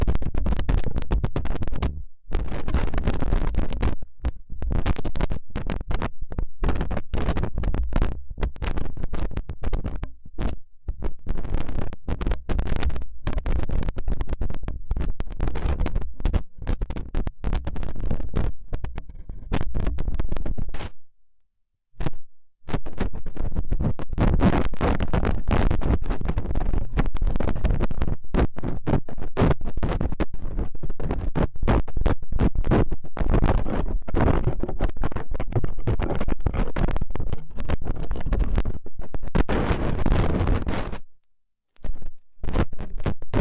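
Hair being picked, a dense, continuous scratching and rasping with strong low rumble and rapid fine strokes reaching into the treble. The texture stays steady and loud throughout, broken only by brief silent gaps near 21 and 41 seconds.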